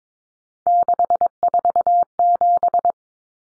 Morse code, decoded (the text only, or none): 647